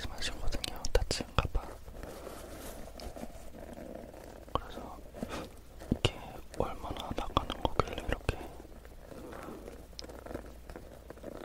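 A wooden comb makes a steady, soft scratchy rustle, with sharp clicks and ticks scattered through it. The clicks cluster in the first two seconds, again near the middle, and between six and eight seconds. A faint low hum runs underneath.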